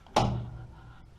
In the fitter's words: got an over center clutch you hear it snap back and then clips in forward or snaps forward